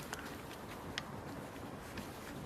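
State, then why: Not seated. A brittle plastic injector return pipe fitting is pushed by hand onto a diesel injector of an Astra H 1.3 CDTi during a leak-off pipe replacement, with only faint short plastic ticks at about 0.1, 1.0 and 2.0 seconds over steady background noise. Nothing has seated or clicked yet; the fitting will not go in and may need a little tap.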